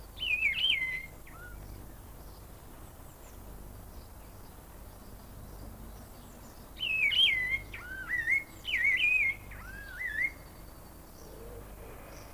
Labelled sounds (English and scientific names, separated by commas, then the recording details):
Emei Shan Liocichla (Liocichla omeiensis) call
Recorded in captivity
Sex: male
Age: adult
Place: Tierpark Berlin, Berlin, DE
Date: 1998-03-28 10:35
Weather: overcast, ca. 10°C
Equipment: Nagra SN, Kopie Uher 4000 Report Monitor
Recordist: Tembrock, Günter